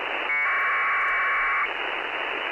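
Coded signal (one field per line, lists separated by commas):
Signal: packet radio (AX.25, as in APRS)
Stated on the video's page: APRS received on an SDRplay RSP SDR with SDRuno.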